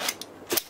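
The male half of a gun belt's metal Cobra-style buckle is pushed into the female half, giving sharp metallic snaps at 0.1 and 0.2 seconds. A later burst of noise around 0.5–0.6 seconds follows, and the buckle is seated together.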